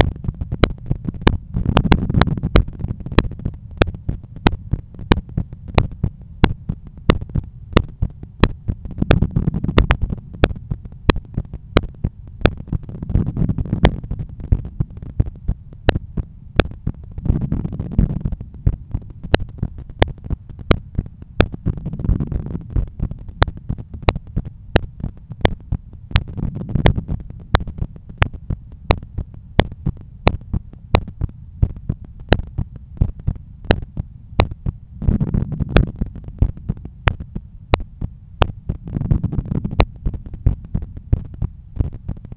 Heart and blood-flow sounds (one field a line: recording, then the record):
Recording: heart sounds by stethoscope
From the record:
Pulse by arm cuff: 87 bpm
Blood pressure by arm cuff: 129/83 mmHg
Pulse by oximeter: 89 bpm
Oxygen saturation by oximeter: 97%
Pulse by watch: 88 bpm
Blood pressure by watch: 124/80 mmHg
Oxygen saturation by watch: 96%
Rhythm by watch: sinus rhythm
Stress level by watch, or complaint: low stress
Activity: after 5 min smoking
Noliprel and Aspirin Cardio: after pills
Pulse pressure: 46 mmHg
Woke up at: 7:20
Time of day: 14:05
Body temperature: 35 C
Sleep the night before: 8 h 11 min, score 61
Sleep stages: REM 22%, light 68%, deep 3%, awake 7%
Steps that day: 9500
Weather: sunny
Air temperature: 27.4 C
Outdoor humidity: 50%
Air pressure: 1016 hPa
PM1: 11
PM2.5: 16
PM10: 21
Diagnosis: hypertension, treated with Noliprel and Aspirin Cardio 100 mg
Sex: male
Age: 53 years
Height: 174 cm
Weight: 81 kg